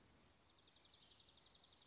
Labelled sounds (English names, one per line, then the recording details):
Dark-eyed Junco
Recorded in Sonoma County, California